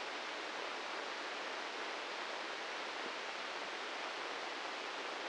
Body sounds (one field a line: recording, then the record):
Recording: brain microelectrode recording played as sound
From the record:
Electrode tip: inside the subthalamic nucleus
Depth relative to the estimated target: 3 mm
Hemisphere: left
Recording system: NeuroSet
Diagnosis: Parkinson's disease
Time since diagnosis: 15 years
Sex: male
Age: 65 years